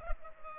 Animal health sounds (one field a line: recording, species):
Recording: mosquito wingbeat signal from an infrared sensor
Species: Culex pipiens